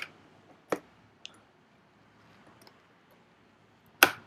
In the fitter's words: 2 clicks, seated properly.